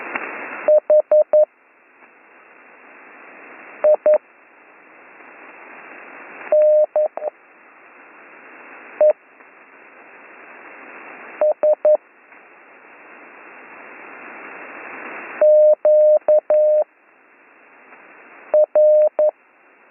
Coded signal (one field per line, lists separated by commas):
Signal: Morse code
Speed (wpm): 11 wpm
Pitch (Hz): 610 Hz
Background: none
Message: H I N E S Q R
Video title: Slow Morse Code Course - Week 4 - Learn Morse Code